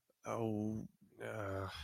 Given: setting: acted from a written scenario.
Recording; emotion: vocal sound without words; guilt